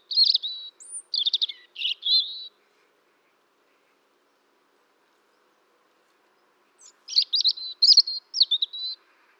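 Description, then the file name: European robin song: two high, tinkling phrases of shrill notes and short trills separated by about four seconds of silence. "Erithacus rubecula"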